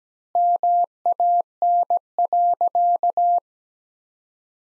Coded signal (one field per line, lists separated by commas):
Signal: Morse code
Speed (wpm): 17 wpm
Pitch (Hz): 700 Hz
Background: none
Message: MAN.